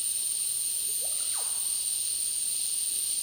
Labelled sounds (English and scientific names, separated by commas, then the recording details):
Russet-backed Oropendola (Psarocolius angustifrons)
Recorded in dense forest near Puerto Asís, Putumayo, Colombia, on 19 February 2024 at 13:00
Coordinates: 0.499, -76.324
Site G6469